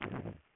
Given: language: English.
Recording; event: throat vibration sensor signal played as sound; throat clearing